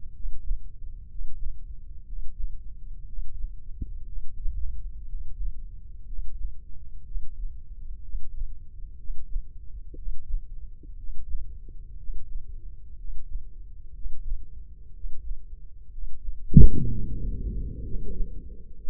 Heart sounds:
heart sounds by microphone in the left ear; 61 bpm
0.12 s: heartbeat
1.08 s: heartbeat
2.05 s: heartbeat
3.05 s: heartbeat
4.04 s: heartbeat
5.06 s: heartbeat
6.05 s: heartbeat
7.04 s: heartbeat
8.02 s: heartbeat
8.97 s: heartbeat
9.95 s: heartbeat
10.96 s: heartbeat
11.96 s: heartbeat
12.96 s: heartbeat
13.93 s: heartbeat
14.92 s: heartbeat
15.90 s: heartbeat
16.86 s: heartbeat
17.82 s: heartbeat
18.75 s: heartbeat
From the record:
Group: healthy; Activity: breath hold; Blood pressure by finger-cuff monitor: 124/69 mmHg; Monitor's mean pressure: 84 mmHg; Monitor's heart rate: 61 bpm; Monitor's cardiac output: 6.7 L/min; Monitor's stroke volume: 109 mL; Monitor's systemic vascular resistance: 920 dyn s/cm5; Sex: male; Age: 24 years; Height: 184 cm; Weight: 89 kg

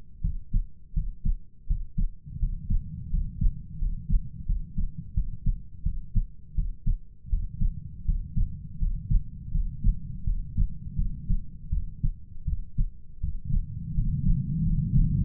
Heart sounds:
heart sounds by stethoscope; 83 bpm
0.22 s: heartbeat
0.94 s: heartbeat
1.67 s: heartbeat
2.39 s: heartbeat
3.10 s: heartbeat
3.79 s: heartbeat
4.46 s: heartbeat
5.14 s: heartbeat
5.83 s: heartbeat
6.55 s: heartbeat
7.30 s: heartbeat
8.05 s: heartbeat
8.79 s: heartbeat
9.52 s: heartbeat
10.24 s: heartbeat
10.96 s: heartbeat
11.71 s: heartbeat
12.46 s: heartbeat
13.21 s: heartbeat
13.95 s: heartbeat
14.64 s: heartbeat
From the record:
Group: healthy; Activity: rest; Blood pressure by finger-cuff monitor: 115/76 mmHg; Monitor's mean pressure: 90 mmHg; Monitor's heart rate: 83 bpm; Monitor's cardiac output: 7.2 L/min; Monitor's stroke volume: 86 mL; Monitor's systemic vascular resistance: 890 dyn s/cm5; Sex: male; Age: 33 years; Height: 179 cm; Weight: 80.4 kg

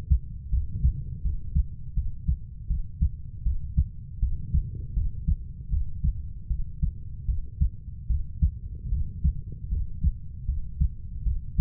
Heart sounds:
heart sounds by stethoscope; 78 bpm
0.51 s: heartbeat
1.23 s: heartbeat
1.95 s: heartbeat
2.68 s: heartbeat
3.44 s: heartbeat
4.20 s: heartbeat
4.94 s: heartbeat
5.70 s: heartbeat
6.48 s: heartbeat
7.26 s: heartbeat
8.08 s: heartbeat
8.90 s: heartbeat
9.69 s: heartbeat
10.46 s: heartbeat
11.24 s: heartbeat
From the record:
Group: healthy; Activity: cold pressor test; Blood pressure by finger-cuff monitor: 115/46 mmHg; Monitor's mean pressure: 73 mmHg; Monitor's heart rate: 78 bpm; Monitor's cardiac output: 10.5 L/min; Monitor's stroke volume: 131 mL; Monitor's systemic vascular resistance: 490 dyn s/cm5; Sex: female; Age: 32 years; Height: 168 cm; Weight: 61.9 kg

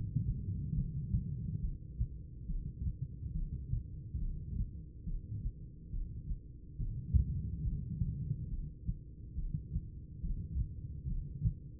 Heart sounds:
heart sounds by stethoscope; 70 bpm
0.73 s: heartbeat
1.59 s: heartbeat
2.45 s: heartbeat
3.31 s: heartbeat
4.17 s: heartbeat
5.04 s: heartbeat
5.90 s: heartbeat
6.76 s: heartbeat
7.62 s: heartbeat
8.48 s: heartbeat
9.34 s: heartbeat
10.20 s: heartbeat
11.06 s: heartbeat
From the record:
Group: heart failure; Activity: rest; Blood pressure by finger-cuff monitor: 153/75 mmHg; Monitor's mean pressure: 106 mmHg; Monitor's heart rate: 70 bpm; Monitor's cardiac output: 9.6 L/min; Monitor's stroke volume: 138 mL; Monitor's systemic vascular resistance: 830 dyn s/cm5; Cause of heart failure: idiopathic cardiomyopathy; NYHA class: 2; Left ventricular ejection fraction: 51%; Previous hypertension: present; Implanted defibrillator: present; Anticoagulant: apixaban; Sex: female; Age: 61 years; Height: 163 cm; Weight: 111 kg

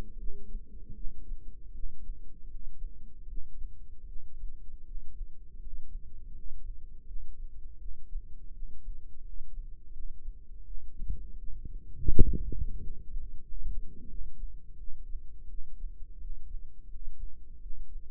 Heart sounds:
heart sounds by microphone in the right ear; 83 bpm
0.15 s: heartbeat
0.92 s: heartbeat
1.71 s: heartbeat
2.46 s: heartbeat
3.25 s: heartbeat
4.04 s: heartbeat
4.82 s: heartbeat
5.58 s: heartbeat
6.30 s: heartbeat
7.03 s: heartbeat
7.76 s: heartbeat
8.50 s: heartbeat
9.20 s: heartbeat
9.90 s: heartbeat
10.62 s: heartbeat
11.35 s: heartbeat
12.06 s: heartbeat
12.77 s: heartbeat
13.41 s: heartbeat
14.06 s: heartbeat
14.75 s: heartbeat
15.46 s: heartbeat
16.17 s: heartbeat
16.87 s: heartbeat
17.58 s: heartbeat
From the record:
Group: healthy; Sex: female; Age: 26 years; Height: 165 cm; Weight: 55 kg

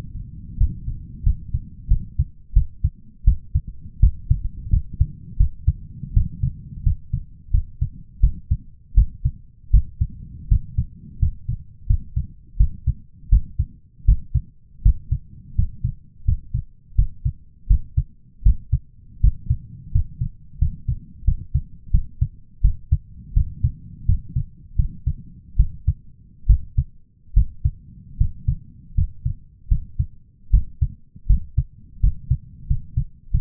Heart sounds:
heart sounds by stethoscope; 82 bpm
0.57 s: heartbeat
1.23 s: heartbeat
1.88 s: heartbeat
2.53 s: heartbeat
3.24 s: heartbeat
4.00 s: heartbeat
4.70 s: heartbeat
5.37 s: heartbeat
6.13 s: heartbeat
6.83 s: heartbeat
7.51 s: heartbeat
8.20 s: heartbeat
8.95 s: heartbeat
9.71 s: heartbeat
10.49 s: heartbeat
11.19 s: heartbeat
11.87 s: heartbeat
12.57 s: heartbeat
13.29 s: heartbeat
14.05 s: heartbeat
14.82 s: heartbeat
15.55 s: heartbeat
16.25 s: heartbeat
16.96 s: heartbeat
17.67 s: heartbeat
18.43 s: heartbeat
19.21 s: heartbeat
19.92 s: heartbeat
20.59 s: heartbeat
21.25 s: heartbeat
21.91 s: heartbeat
22.62 s: heartbeat
23.34 s: heartbeat
24.06 s: heartbeat
24.76 s: heartbeat
25.57 s: heartbeat
26.47 s: heartbeat
27.34 s: heartbeat
28.18 s: heartbeat
28.95 s: heartbeat
29.69 s: heartbeat
30.51 s: heartbeat
31.27 s: heartbeat
32.01 s: heartbeat
32.67 s: heartbeat
33.31 s: heartbeat
From the record:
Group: healthy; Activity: rest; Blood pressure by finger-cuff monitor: 165/106 mmHg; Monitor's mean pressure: 122 mmHg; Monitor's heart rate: 83 bpm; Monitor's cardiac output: 7.1 L/min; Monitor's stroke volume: 85 mL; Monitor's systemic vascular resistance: 1280 dyn s/cm5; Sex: male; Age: 23 years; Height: 179 cm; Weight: 87 kg

